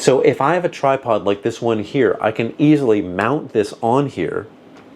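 Someone talks while handling a Speck iPhone 16 Pro phone case with a tripod socket and its mount on a tripod adapter; the phone in its case is being brought to the mount on the tripod. Nothing has seated or clicked yet, and the clip ends just before it locks into place.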